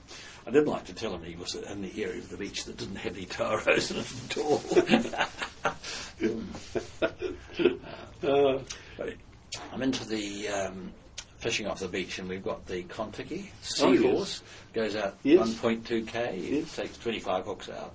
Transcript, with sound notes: I didn’t like to tell him he was in the area of the beach that didn’t have any toheroas in it at all. [Laughter] I’m into the fishing off the beach and we’ve got the Kontiki Seahorse – goes out 1.2 km and takes twenty five hooks out.